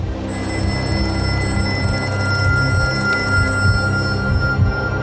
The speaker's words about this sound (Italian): In quell'istante squillò il telefono. Il maggiordomo rispose mentre Gatsby si avvicinava ansioso alla scaletta per uscire dalla piscina.